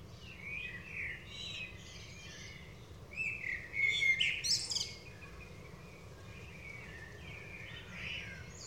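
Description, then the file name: Common blackbird giving a burst of rich, varied whistled and chattering notes in the middle, with quieter fluty phrases before and after over a low hum. "Turdus merula"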